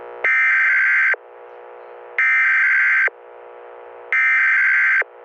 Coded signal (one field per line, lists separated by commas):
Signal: Emergency Alert System (SAME) tones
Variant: header bursts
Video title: special civil danger warning eas 2